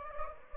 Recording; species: mosquito wingbeat signal from an infrared sensor; Anopheles gambiae